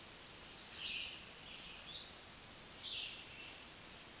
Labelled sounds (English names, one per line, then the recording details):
Black-throated Green Warbler song
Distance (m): 10 m
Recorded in a Pennsylvania forest on 1 June 2023 at 07:50
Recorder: AudioMoth, point grid3_23_high
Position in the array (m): 175 m, 222 m